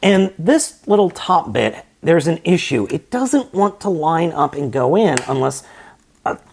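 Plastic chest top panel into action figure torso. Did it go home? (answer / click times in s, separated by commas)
yes / 6.3 s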